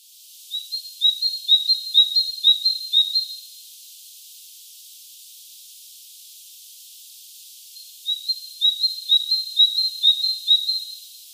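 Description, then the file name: Great tit calls, short high notes run together in quick series, heard in two bursts of about three seconds each with a quiet gap between them. "Parus major"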